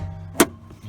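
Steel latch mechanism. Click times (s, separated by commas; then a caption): 0.4 s. A hood release lever at the side of the footwell of a 2017 Honda Odyssey minivan is pulled during an oil change. Over a low, steady hum, a single sharp pop at 0.4 s marks the hood latch letting go. The hood is released.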